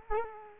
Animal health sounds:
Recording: mosquito wingbeat signal from an infrared sensor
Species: Culex quinquefasciatus

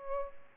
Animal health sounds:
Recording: mosquito wingbeat signal from an infrared sensor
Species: Aedes aegypti

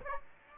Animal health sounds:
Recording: mosquito wingbeat signal from an infrared sensor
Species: Aedes aegypti

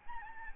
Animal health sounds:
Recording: mosquito wingbeat signal from an infrared sensor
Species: Aedes albopictus

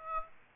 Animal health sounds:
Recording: mosquito wingbeat signal from an infrared sensor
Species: Aedes aegypti

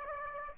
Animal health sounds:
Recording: mosquito wingbeat signal from an infrared sensor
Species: Aedes aegypti

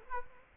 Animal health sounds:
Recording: mosquito wingbeat signal from an infrared sensor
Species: Culex quinquefasciatus

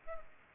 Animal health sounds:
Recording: mosquito wingbeat signal from an infrared sensor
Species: Culex pipiens

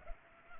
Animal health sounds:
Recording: mosquito wingbeat signal from an infrared sensor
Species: Culex pipiens

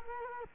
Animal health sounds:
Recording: mosquito wingbeat signal from an infrared sensor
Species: Culex quinquefasciatus

